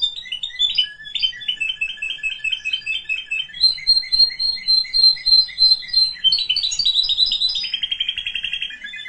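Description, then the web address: Canary song: steady run of rapid trills and rolling repeated notes, shifting pitch between tours, with a fast rattle near the end. "honarfardi Canary Sound"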